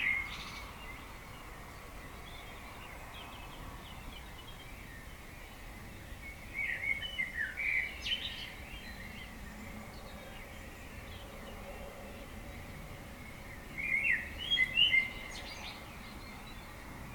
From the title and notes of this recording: We play part of a recording from Brian, of the Dawn Chorus from May 2020.